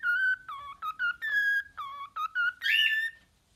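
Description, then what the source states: Cockatiel whistled song, a run of clear tonal notes near one pitch, some held and some short, ending in a brighter rising phrase. Several cockatiels singing and whistling.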